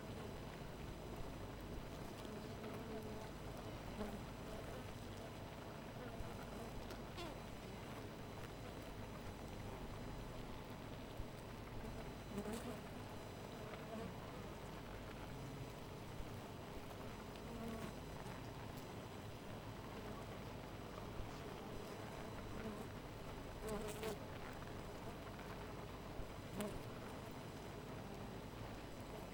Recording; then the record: honeybee colony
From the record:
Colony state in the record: missing queen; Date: 14 July 2017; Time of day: 4:16